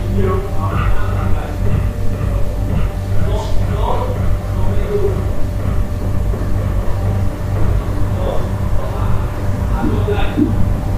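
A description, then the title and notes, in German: Sounds from a hostel room in Central America: a constant low hum and rumble, like a fan or motor, runs underneath throughout. Over it, voices murmur and talk in short bursts, with scattered clinks and small knocks coming and going. Abenteuerliche Geräusche aus einem Hostelzimmer in Mittelamerika.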